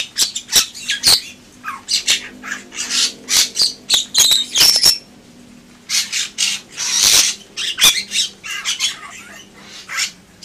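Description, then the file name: Bali myna song, a busy mix of rasping squawks, sharp clicks and brief whistled notes in quick clusters, with a longer harsh burst at about seven seconds. "suara jalak bali"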